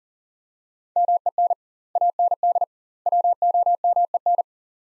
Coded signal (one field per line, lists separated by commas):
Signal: Morse code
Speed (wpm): 38 wpm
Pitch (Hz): 700 Hz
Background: none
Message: MEN AND WOMEN